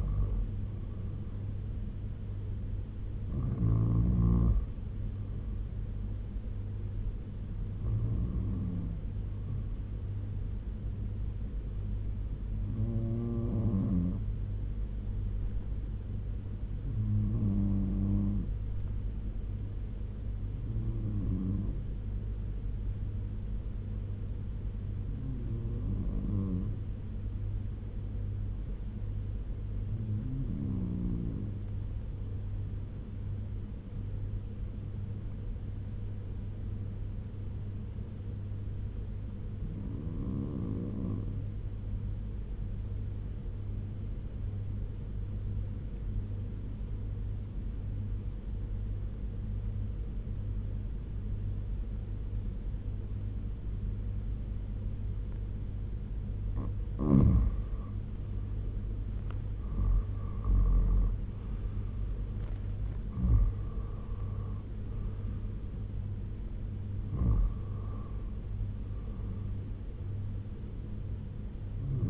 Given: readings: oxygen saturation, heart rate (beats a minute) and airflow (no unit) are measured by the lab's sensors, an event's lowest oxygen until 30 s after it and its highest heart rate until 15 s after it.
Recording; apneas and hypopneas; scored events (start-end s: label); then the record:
breathing in sleep by a smartphone at the bedside; 1
30.00-58.20 s: obstructive apnea (N2, oxygen 94% highest, then 82% lowest, heart rate 73 at the start, 84 highest)
From the record:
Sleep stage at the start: N2 (light sleep); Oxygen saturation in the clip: 84 to 95%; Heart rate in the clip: 62 to 84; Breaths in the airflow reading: 11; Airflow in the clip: -10.3 to 10.3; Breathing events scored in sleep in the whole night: 201 in 6.5 hours asleep